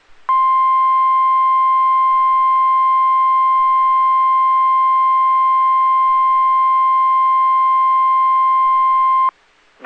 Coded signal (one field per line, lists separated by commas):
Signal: Emergency Alert System (SAME) tones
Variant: 1050 Hz attention tone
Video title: 5/7/25 - KEC65/WNG676 Required Weekly Test (EAS #1237)